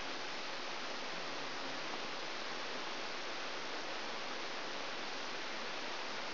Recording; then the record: brain microelectrode recording played as sound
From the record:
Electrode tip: outside the subthalamic nucleus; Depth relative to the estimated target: -6 mm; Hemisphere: left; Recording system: AlphaMap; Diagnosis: Parkinson's disease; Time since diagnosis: 20 years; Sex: female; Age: 65 years